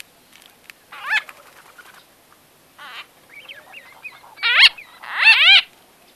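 White-fronted bee-eater calls, a series of rolled, rising chirps at irregular intervals, with softer twittering between and two louder notes near the end.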